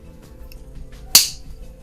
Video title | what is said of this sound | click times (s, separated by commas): Moderoid Beast King Golion | I think that's supposed to snap in place | 1.2 s